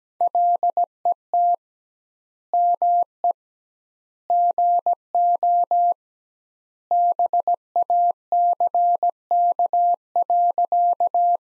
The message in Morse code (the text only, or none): LET ME GO BACK.